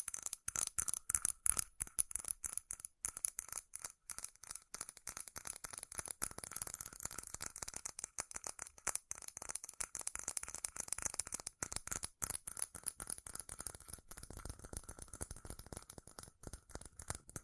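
Rapid, relentless tapping on metal, dense clicks with a bright ringing tone, rattling steadily for the whole stretch with slight swells in loudness.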